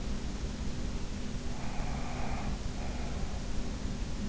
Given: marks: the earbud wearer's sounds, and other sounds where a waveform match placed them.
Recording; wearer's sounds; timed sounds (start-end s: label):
sounds in sleep by an in-ear microphone; breath
1.61-3.55 s: breath